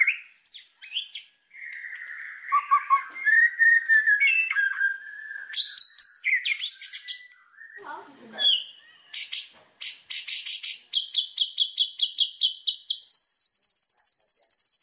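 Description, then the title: White-rumped shama song: a varied sequence of whistled and slurred notes, then a long fast series of sharp repeated notes ending in a high, rapid buzzy trill. Lure sound meant to make wild birds respond; the bird sings constantly and energetically. "PANCINGAN MURAI BATU GACOR"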